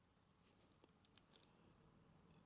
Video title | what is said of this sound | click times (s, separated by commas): No More "Snappy" Shooting - C&H Precision "Speed Feed Pro" Brass Frame Plug for Gen 5 Glock | it didn't click in like it used to | none